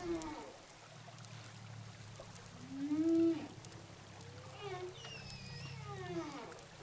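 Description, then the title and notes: Humpback whale song, a loud rising moan and several sweeping harmonic cries, over a steady low hum. Recorded underwater with a hydrophone off Saint-Gilles, Réunion. "whales sound hydrophone, saint gilles de la reunion. au large de saint gilles de la Réunion baleine à bosse"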